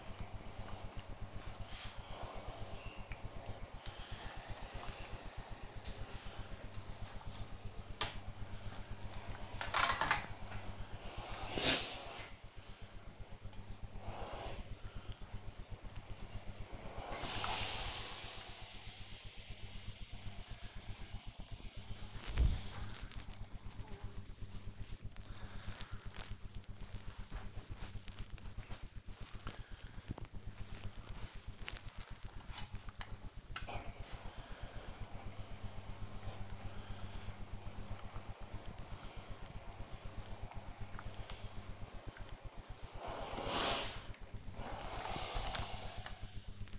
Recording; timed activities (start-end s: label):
household activities, microphone on the right wrist
0.00-46.79 s: ironing laundry